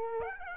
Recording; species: mosquito wingbeat signal from an infrared sensor; Aedes aegypti